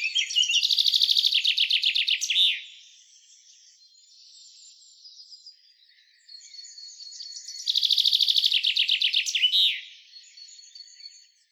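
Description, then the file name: Common chaffinch song: two similar strophes several seconds apart, each a rapid series of repeated notes ending in an emphatic flourish, with quiet twittering between them. "Fringilla coelebs"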